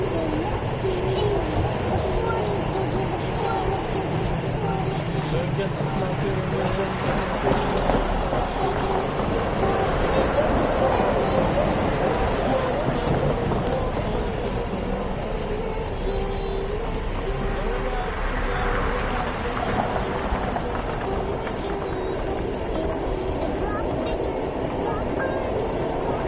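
Traffic on Interstate 91 in Northampton, Massachusetts, keeps up a dense, steady roar with a deep low rumble that never lets up. Passing vehicles swell and fade within the wash, one building around ten seconds and another brighter whoosh near nineteen seconds.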